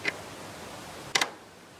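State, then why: Seated. During installation of a Mighty Mule MM462 automatic gate opener, the opener arm is fitted onto its mounting bracket. After a faint tick near 0.1 s, a sharp, bright double click sounds at 1.2 s as the arm locks into place.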